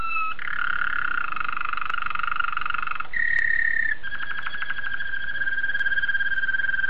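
Domestic canary song: a long even rolling trill, a brief clear whistle, then a faster pulsing trill at a steady pitch.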